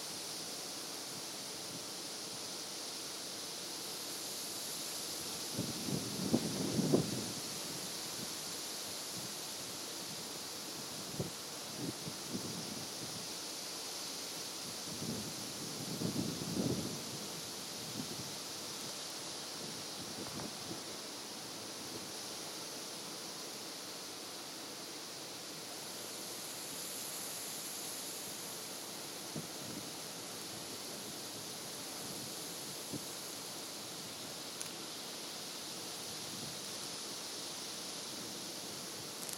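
Binaural mountaintop ambience: a steady, bright outdoor hiss with low wind rumbles buffeting through around six, sixteen and twenty seconds, then calmer.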